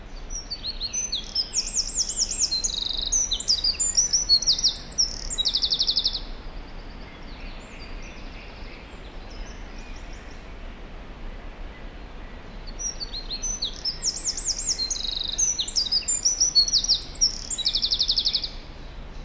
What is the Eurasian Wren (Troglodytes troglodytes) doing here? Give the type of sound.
song